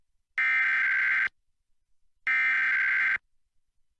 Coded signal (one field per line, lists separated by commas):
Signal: Emergency Alert System (SAME) tones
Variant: header bursts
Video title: EAS Required Monthly Test Arkansas/New Mexico +WeatherSTAR4000